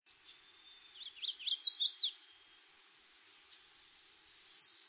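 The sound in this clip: Magnolia warbler giving a quick musical phrase of slurred up-and-down notes, followed after a pause by a fast series of thin, high, repeated notes.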